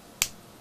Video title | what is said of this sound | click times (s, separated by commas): Pilot Metropolitan Review | cap itself does not have a liner from what I can tell, but it does snap in, | 0.2 s